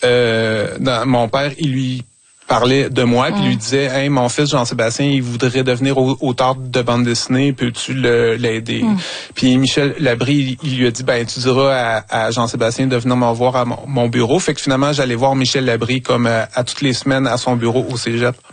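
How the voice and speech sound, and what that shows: Adult male speaker talking in French, with stuttering he has had all his life. The stuttering goes away when he performs slam on stage.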